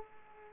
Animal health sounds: mosquito wingbeat signal from an infrared sensor; Aedes aegypti

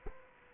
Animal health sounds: mosquito wingbeat signal from an infrared sensor; Culex quinquefasciatus

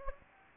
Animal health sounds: mosquito wingbeat signal from an infrared sensor; Anopheles gambiae

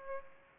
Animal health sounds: mosquito wingbeat signal from an infrared sensor; Aedes aegypti

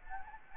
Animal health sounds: mosquito wingbeat signal from an infrared sensor; Anopheles gambiae

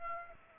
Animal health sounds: mosquito wingbeat signal from an infrared sensor; Aedes aegypti

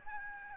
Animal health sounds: mosquito wingbeat signal from an infrared sensor; Aedes albopictus

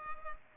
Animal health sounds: mosquito wingbeat signal from an infrared sensor; Culex pipiens

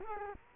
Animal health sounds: mosquito wingbeat signal from an infrared sensor; Culex quinquefasciatus

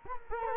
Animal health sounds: mosquito wingbeat signal from an infrared sensor; Culex quinquefasciatus

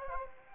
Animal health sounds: mosquito wingbeat signal from an infrared sensor; Anopheles gambiae

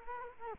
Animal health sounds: mosquito wingbeat signal from an infrared sensor; Culex quinquefasciatus

